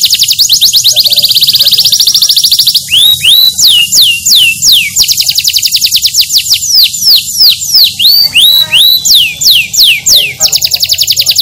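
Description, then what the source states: Canary song, loud: a fast rattling trill, then a long string of hooked, downward-sweeping whistles repeated rhythmically. Kenari described as gacor, singing actively and continuously.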